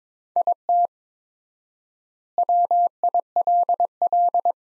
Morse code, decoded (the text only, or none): IT WILL